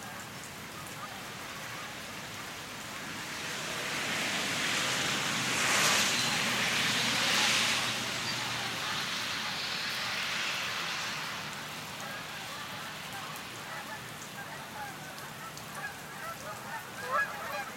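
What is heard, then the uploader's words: Steady rain hiss with traffic swelling past around six to eight seconds, then fading, leaving scattered drips and faint honks or calls near the end. Rainy Morning & Traffic. Recorded in the morning and mixed in Audition.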